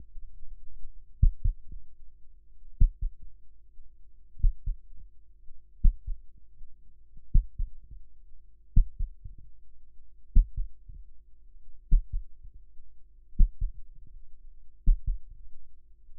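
Deep, muffled lub-dub thumps repeat in an even rhythm, about 40 beats a minute, with a faint low hum underneath. A steady adult heartbeat sound effect.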